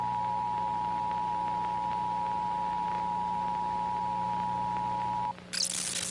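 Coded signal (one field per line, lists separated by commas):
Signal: Emergency Alert System (SAME) tones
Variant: 853 and 960 Hz attention tone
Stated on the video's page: Homemade fictional North Dakota EAS alarm.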